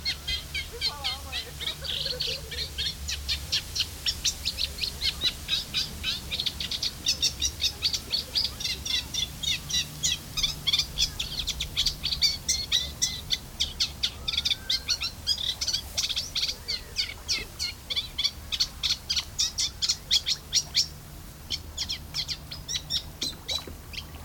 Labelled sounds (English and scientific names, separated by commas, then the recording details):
Eurasian Reed Warbler (Acrocephalus scirpaceus)
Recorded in the wild
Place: Seddiner See, Brandenburg, DE
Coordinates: 52.27, 13.01
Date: 1995-07-23 13:35
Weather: heiter, böiger Wind, 18°C
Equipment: Sony WM-D6C, Sennheiser ME 80, Kopie Uher 4000 Report Monitor
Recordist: Tembrock, Günter